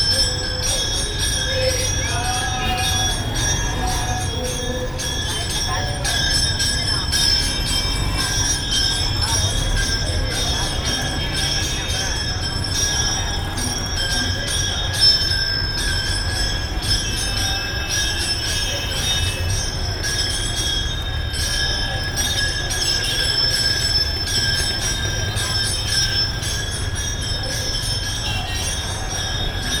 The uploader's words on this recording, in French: Près d'un temple. Bangalore.